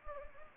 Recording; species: mosquito wingbeat signal from an infrared sensor; Anopheles gambiae